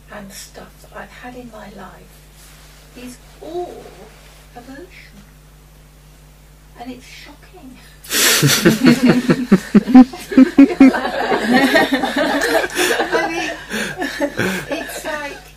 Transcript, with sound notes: and stuff that I've had in my life is all aversion. And it's shocking! [laughter] I mean, it's like,